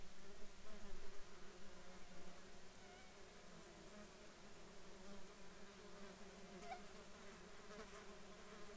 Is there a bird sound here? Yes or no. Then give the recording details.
no. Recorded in the Arctic National Wildlife Refuge, Alaska, on 21 June 2019 at 10:45. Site 33